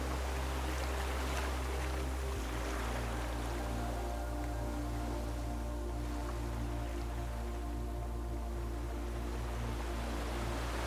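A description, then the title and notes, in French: Gently rocking waves blend with meditative music: a deep, sustained drone and steady held tones fill the low end, the bass shifting just after two seconds. A soft, continuous wash of water hiss runs over the top throughout. VAGUES Berçantes et MUSIQUE Méditative. La musique méditative, soigneusement composée, accompagne les sons naturels.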